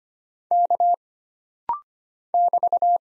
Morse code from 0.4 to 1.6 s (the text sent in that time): K